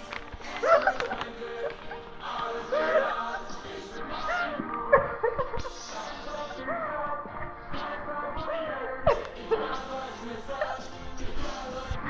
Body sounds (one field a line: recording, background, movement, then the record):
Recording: laughter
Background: music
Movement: walking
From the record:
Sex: female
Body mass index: 18.8 kg/m2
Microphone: on the chest, facing the body